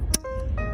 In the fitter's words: it gets up front here, we just lift that up and it snaps into place.